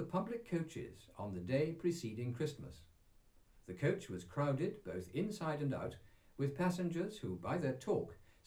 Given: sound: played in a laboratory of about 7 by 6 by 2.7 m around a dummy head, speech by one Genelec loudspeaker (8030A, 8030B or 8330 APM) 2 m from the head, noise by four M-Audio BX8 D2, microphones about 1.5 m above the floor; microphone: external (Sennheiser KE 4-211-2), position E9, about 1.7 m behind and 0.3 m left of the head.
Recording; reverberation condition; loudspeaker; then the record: male speech in English; low; 60 degrees to the right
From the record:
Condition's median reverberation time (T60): about 310 ms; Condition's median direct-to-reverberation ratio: about 3.5 dB